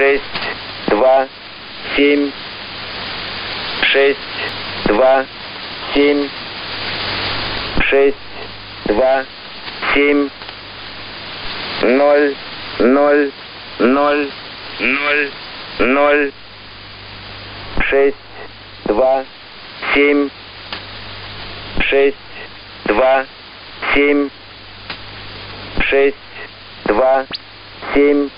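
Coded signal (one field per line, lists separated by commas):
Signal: numbers station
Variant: S06 Russian Man, Russian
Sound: male voice reading short numbers at a steady, even pace through hissy radio noise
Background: radio static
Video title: 05 07 2019 S06 Russian Man Numbers station in Russian 2000 on 9336 unknown tx site in CUSB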